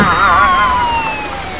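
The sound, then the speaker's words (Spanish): A police car siren wails loudly in the rain with a wavering, warbling tone that sweeps up and down, its steady pitch slowly sliding lower over rumbling road noise. “¡Oh, rayos! ¡La poli!”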